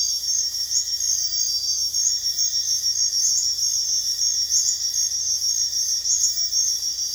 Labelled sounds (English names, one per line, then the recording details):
none
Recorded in dense forest near Puerto Asís, Putumayo, Colombia, on 18 February 2024 at 05:00
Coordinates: 0.485, -76.322
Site G6406